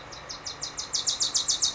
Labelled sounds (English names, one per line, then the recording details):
Wilson's Warbler
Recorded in Sonoma County, California